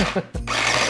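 An immersion blender motor unit is handled against its plastic chopper bowl attachment, with broadband rustling and a brief quiet dip near 0.3 s before a steady, noisy hum with low tonal bands continues. Someone talks briefly. Nothing has seated or clicked yet.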